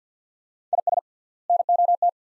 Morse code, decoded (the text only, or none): IS NOT